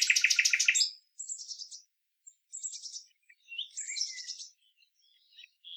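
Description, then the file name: Common nightingale song: a fast, loud stuttering trill of repeated notes, then short scratchy and warbled phrases separated by brief pauses. "Luscinia megarhynchos"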